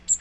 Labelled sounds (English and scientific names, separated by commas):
Magnolia Warbler (Setophaga magnolia) flight call